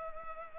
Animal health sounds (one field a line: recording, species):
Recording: mosquito wingbeat signal from an infrared sensor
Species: Culex pipiens